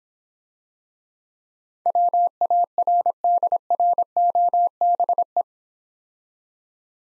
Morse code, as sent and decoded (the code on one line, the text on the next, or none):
.-- .- .-. -.. .-. --- -... .
WARDROBE